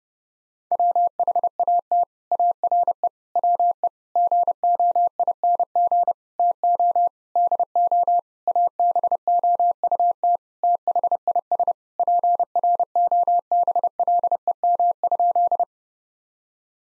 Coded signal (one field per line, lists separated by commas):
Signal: Morse code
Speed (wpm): 30 wpm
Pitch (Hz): 700 Hz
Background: none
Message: WHAT ARE WE GOING TO DO ABOUT THIS PROBLEM?